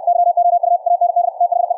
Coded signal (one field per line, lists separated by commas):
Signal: Morse code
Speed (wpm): 64 wpm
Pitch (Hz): 700 Hz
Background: none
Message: YOU AND THE